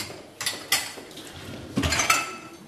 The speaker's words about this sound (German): Im Gemeinschaftsraum räumt eine Pflegerin Gläser in die Spülmaschine.